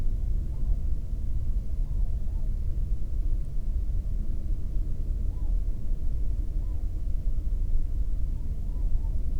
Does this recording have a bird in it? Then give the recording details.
yes. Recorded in the Prudhoe Bay oil fields, Alaska, on 22 May 2019 at 00:33. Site 19